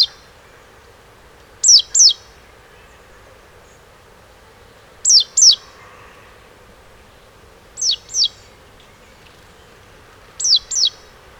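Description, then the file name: Great tit call: four bursts, each a pair of bright, high, falling notes, spaced a few seconds apart against a soft constant hum. "Parus major"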